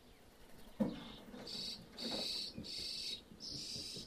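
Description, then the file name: Birds give a dull knock, then four long, breathy hissing calls with short gaps between them. Birds feeding in a roof space; stereo recording. "ambience birds in roof space feeding"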